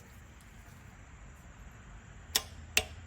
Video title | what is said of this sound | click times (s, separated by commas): Need to change, replace Ranger oil pan gasket? PRO DIY! | And when you hear that click, that means that this has met the torque | 2.4 s, 2.8 s